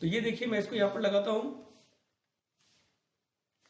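A processor is being placed into a motherboard socket, its cut points lined up with the socket's cut points, while someone talks for about the first two seconds. Near-silence follows, with only a faint brief sound around 2.7 s and another at the very end. Nothing has seated or clicked yet; the processor is still being handled and is not yet home in the socket.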